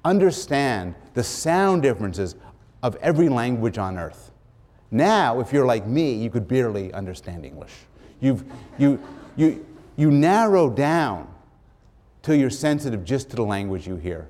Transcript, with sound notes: understand the sound differences of every language on earth. Now, if you're like me, you could barely understand English. [laughter] You narrow down until you're sensitive just to the language you hear.